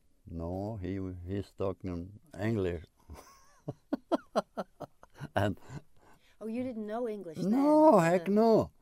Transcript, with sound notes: No, he's talking English. (laughs)
Oh, you didn't know English then.
No. Heck, no.